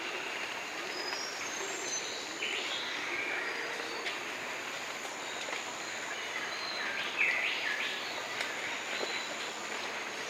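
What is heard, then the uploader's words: Daintree Rainforest ambience with a steady, dense bed of insect hiss and scattered high bird calls throughout. Brief chirps and whistles come and go, with a sharper, louder call near seven seconds. The overall level stays even. The Daintree Rainforest in Queensland Australia.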